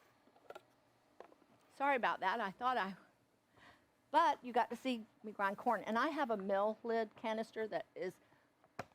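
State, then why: Seated. Someone talks while pushing a tight-fitting flour canister lid onto a grain mill, with a few faint ticks early on. A single sharp snap at 8.8 s shows the lid has seated; without that snap, the lid is not on.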